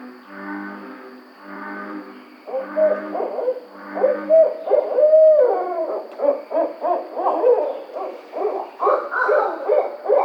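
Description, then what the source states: Barred owl giving a series of harmonic hooting notes that build into loud, excited cackling and wailing calls, rising and falling in bursts. 5 June 2009.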